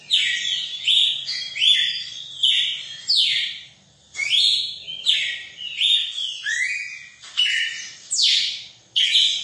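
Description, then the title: Red-cowled cardinal singing rich whistled phrases in uneven bursts, with a short pause near the middle and a faint low hum underneath. Female song, used to excite a male bird. "Canto Galo Campina Fêmea. ESQUENTAR SEU GALO CAMPINA CANTO DO GALO DE CAMPINA"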